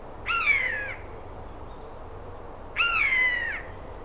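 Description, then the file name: Eurasian jay calling twice, each note a harsh, slightly falling mewing cry lasting under a second, separated by a long pause. "Garrulus glandarius"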